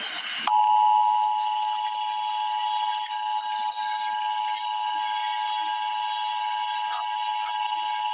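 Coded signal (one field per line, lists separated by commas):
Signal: Emergency Alert System (SAME) tones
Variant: 853 and 960 Hz attention tone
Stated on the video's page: Real Emergency Alert System freeze warning alert.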